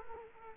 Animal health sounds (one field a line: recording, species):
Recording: mosquito wingbeat signal from an infrared sensor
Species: Culex quinquefasciatus